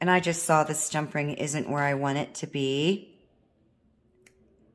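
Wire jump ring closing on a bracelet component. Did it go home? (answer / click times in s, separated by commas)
yes / 4.3 s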